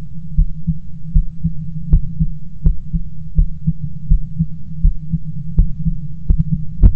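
Dull, low thumps repeat at roughly 80 beats a minute in a fairly steady rhythm: an adult heartbeat. A constant low hum runs underneath the beats throughout.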